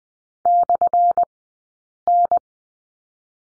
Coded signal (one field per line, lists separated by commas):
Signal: Morse code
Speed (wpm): 20 wpm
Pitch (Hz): 700 Hz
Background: none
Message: /N